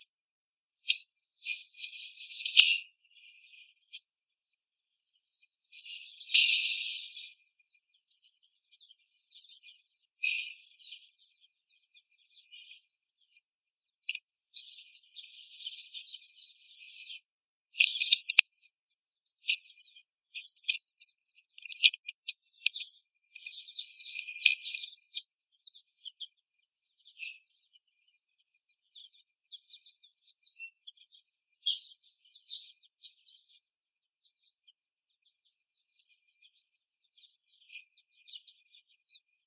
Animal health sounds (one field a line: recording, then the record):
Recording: young laying hens in a cage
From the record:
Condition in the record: after the stressor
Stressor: simulated dog barking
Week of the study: 1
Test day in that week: 2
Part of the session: 1